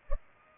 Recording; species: mosquito wingbeat signal from an infrared sensor; Culex pipiens